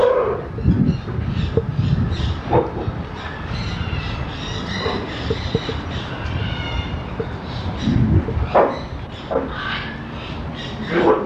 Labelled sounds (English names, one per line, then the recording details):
Polar Bear aggressive call
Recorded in captivity
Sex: diverse
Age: juvenile
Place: Zoo Berlin, Berlin, DE
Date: 1985-10-04 10:12
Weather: sunny, 17-18 °C
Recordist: Tembrock, Günter